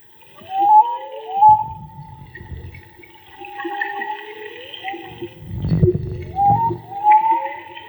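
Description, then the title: Whale song: rising whistled upsweeps repeat through the phrase over a steady tonal drone, broken by two deep rumbling moans. Underwater whale song picked up with a homemade hydrophone. "CANTO DE BALLENAS REGISTRADO CON UN HIDROFONO MAGMA"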